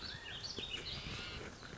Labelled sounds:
Warbling Vireo (Vireo gilvus)

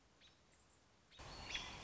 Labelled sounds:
American Robin (Turdus migratorius)

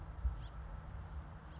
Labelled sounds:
House Finch (Haemorhous mexicanus)

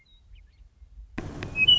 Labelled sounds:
Western Meadowlark (Sturnella neglecta)

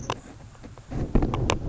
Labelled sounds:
Grasshopper Sparrow (Ammodramus savannarum)

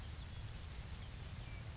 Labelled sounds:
Grasshopper Sparrow (Ammodramus savannarum)

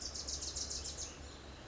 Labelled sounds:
Bewick's Wren (Thryomanes bewickii)

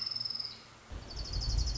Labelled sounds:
Orange-crowned Warbler (Leiothlypis celata)

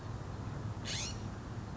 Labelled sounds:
California Scrub-Jay (Aphelocoma californica)

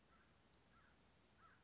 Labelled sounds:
Western Flycatcher (Empidonax difficilis)

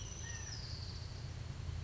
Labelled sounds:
California Quail (Callipepla californica)

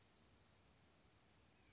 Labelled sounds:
Western Flycatcher (Empidonax difficilis)

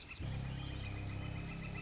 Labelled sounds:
Northern Flicker (Colaptes auratus)

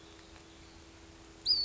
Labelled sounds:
Western Flycatcher (Empidonax difficilis)

